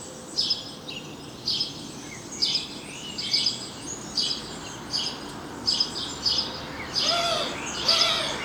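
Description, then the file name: House sparrow chirps, short harsh notes repeated roughly once a second, with a few lower sliding whistles near the end over steady background hiss. "Passer domesticus"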